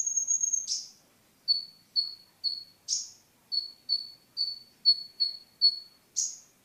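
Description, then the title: Oriental magpie-robin: a high trill, then a harsh burst, followed by evenly repeated short whistled notes about twice a second with two rasping bursts. Song; recording over an hour long. "Kicau Kacer"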